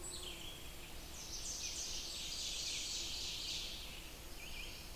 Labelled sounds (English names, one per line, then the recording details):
Ovenbird song
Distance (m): 65 m
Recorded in boreal forest in Alberta, Canada, on 20 June 2016 at 06:13
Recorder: SongMeter 3, array SBT-6-81
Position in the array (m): 82 m, 99 m
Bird 23